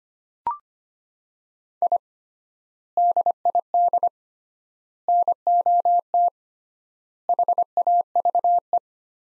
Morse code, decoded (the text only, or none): I DID NOT HAVE